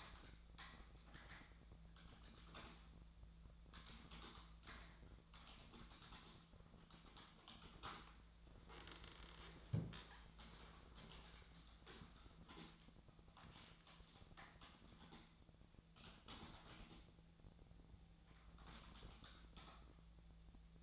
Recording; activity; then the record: daily activity, microphone in the room; typing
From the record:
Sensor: 3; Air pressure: 1000.2 hPa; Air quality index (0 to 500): 138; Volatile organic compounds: 2 ppm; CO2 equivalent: 1222 ppm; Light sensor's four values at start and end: 39/99/42/46 and 38/97/41/45